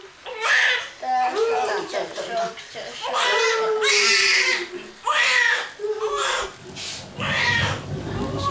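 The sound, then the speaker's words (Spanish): A newborn baby girl's first cry moments after birth, at a birth in Oaxaca, Mexico: a string of high, strained wails, each burst broken by a quick gasp, repeating steadily and loudly for several seconds. “Su primer contacto fue así y en ese momento escuchamos su primer llanto”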